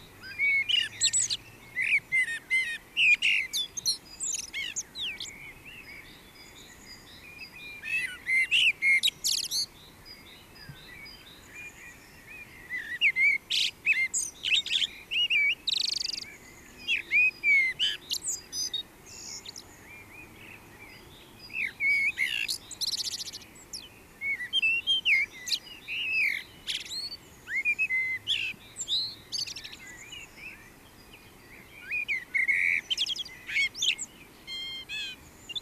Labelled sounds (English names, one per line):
Common Blackbird song